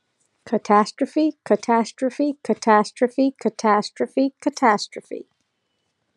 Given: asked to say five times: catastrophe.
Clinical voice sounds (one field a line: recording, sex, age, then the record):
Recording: repeated word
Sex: female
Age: 30 to 39 years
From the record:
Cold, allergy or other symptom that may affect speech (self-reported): no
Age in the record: 36 years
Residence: Tennessee, United States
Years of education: 19